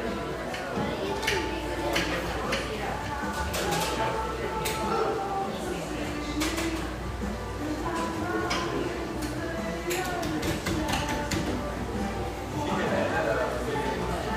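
Cafe chatter fills a busy industrial-style cafe in Portland's Grant Park neighborhood, with several overlapping voices talking steadily throughout. Frequent short clinks and clatters of cups and dishes cut through, alongside a constant low hum underneath.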